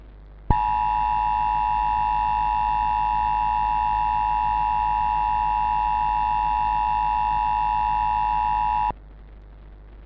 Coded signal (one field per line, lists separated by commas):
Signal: Emergency Alert System (SAME) tones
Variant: 853 and 960 Hz attention tone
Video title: EAS Scenario: Xcel Energy Power Plant Emergency [MN] [08/28/10]